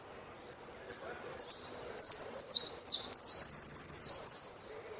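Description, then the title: Saffron finch song of high, clipped downslurred notes building to a rapid, rattling trill that closes with a short drop in pitch. "Jilguero Argentino"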